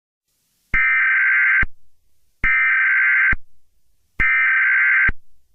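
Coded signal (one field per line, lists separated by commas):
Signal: Emergency Alert System (SAME) tones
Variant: header bursts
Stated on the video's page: Fictional EAS scenario.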